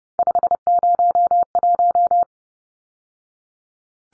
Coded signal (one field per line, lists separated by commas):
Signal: Morse code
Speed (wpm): 30 wpm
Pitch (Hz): 700 Hz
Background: none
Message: 501